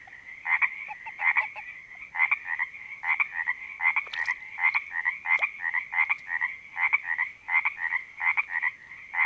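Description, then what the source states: Frog chorus: pulsed rattling croaks repeating in bursts just over once a second, over a constant buzzing background. Frogs at a creek in Panoche Valley, California, recorded 02-04-08 (2008).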